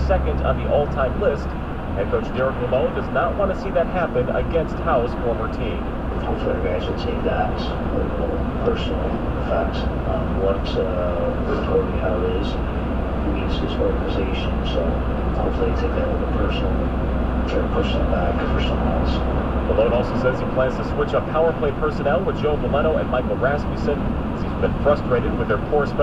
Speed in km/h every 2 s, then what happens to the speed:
121, 118, 121, 122, 124, 124, 126, 127, 127, 130, 129, 129, 129.
0-26 steady at about 126.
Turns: none.